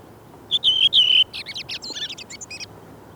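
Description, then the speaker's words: Redwing singing: a short run of pure flute-like whistles, then rapid, squeaky chattering notes tumbling together. Arrives with the chaffinch; one of the commonest birds yet not well known; song starts with a far-carrying flute-like phrase, ends in quiet squeaky twittering; singing style varies, with local dialects. "Punakylkirastas laulaa näin."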